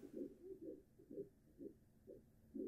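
Regular whooshing pulses: the heartbeat of a five-week-old child in the womb, picked up by Doppler ultrasound.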